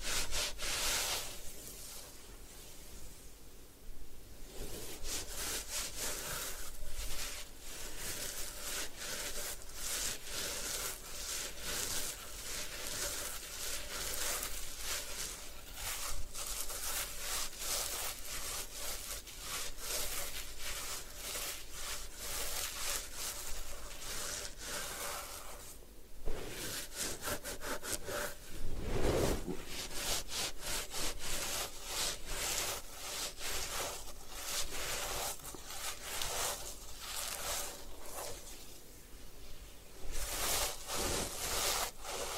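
A head spa hair wash and massage: dense, steady rubbing and scrubbing continues throughout, bright and hissy with quick, regular strokes. Brief louder bursts of friction come near the start, around 26 and 29 seconds, and again near 40 seconds.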